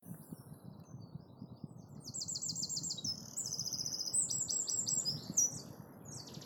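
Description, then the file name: Eurasian wren song: a loud, rapid run of high trills and buzzy, chattering notes from about two seconds on, with steady low background rumble throughout. "Troglodytes troglodytes"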